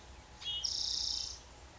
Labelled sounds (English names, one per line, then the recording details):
Spotted Towhee
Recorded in Sonoma County, California